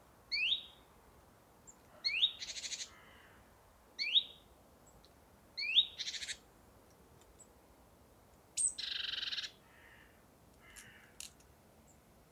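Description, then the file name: Great tit giving repeated calls, thin rising whistles, some followed by a harsh buzzing churr, then a longer buzzy call and a few faint high notes. "Parus major"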